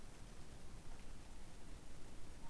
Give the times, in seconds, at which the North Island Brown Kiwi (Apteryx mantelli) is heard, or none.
none